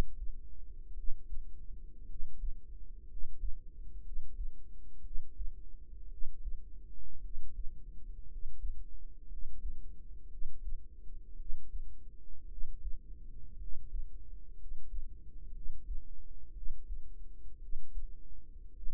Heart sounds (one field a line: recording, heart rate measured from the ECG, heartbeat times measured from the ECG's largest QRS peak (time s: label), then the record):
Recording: heart sounds by microphone in the right ear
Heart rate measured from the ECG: 57 bpm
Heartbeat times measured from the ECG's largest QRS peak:
0.93 s: heartbeat
2.05 s: heartbeat
3.05 s: heartbeat
4.01 s: heartbeat
5.00 s: heartbeat
6.07 s: heartbeat
7.19 s: heartbeat
8.26 s: heartbeat
9.26 s: heartbeat
10.27 s: heartbeat
11.35 s: heartbeat
12.46 s: heartbeat
13.56 s: heartbeat
14.55 s: heartbeat
15.50 s: heartbeat
16.51 s: heartbeat
17.58 s: heartbeat
18.71 s: heartbeat
From the record:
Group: healthy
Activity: rest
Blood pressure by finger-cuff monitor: 98/50 mmHg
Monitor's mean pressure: 61 mmHg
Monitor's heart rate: 57 bpm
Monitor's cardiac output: 5 L/min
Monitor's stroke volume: 87 mL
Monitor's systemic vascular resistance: 860 dyn s/cm5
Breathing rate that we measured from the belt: 11 breaths a minute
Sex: male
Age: 25 years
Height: 170 cm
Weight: 70.4 kg